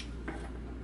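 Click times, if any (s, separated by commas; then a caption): none. A plastic part of a transforming action figure (Takara Tomy Generations TG31 Rhinox) is pushed firmly toward its mating notches and nubs during the beast-to-robot transformation. Only quiet handling and a soft brief rustle near 0.3 s are heard over a low steady hum. Nothing has seated or clicked yet.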